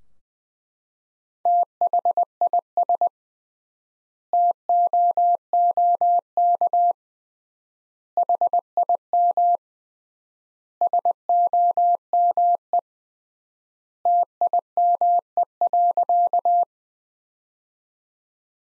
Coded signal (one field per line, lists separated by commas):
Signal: Morse code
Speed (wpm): 21 wpm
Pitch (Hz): 700 Hz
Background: none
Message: THIS TOOK HIM SOME TIME.